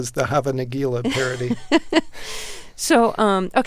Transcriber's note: soundbite of laughter